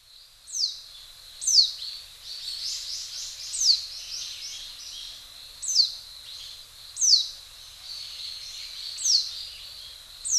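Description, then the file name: Warbling white-eye uttering thin, high, falling call notes at irregular intervals of one to two seconds, with quieter twittering notes filling the gaps between them. Hyogo, September 10. "mejiro 0910 hyogo kaji"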